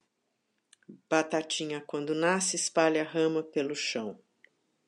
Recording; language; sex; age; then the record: short text; Brazilian Portuguese; female; 60 to 69 years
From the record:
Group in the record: control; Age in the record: 69 years